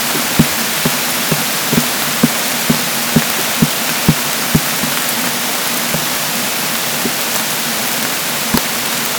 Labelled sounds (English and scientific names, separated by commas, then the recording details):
none
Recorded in dense forest near Puerto Asís, Putumayo, Colombia, on 24 June 2025 at 13:30
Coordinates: 0.484, -76.325
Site H65